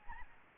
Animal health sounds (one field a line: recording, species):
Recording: mosquito wingbeat signal from an infrared sensor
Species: Aedes albopictus